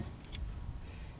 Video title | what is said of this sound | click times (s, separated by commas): Honda Accord (2017) Cabin and Engine Air Filter Replacement DIY | we'll move our arm back into position and snap it into place you'll hear it snap | 0.4 s